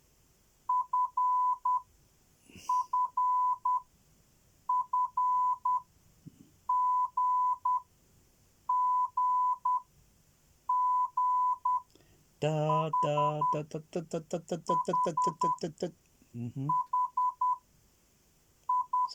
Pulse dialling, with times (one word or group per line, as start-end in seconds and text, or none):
none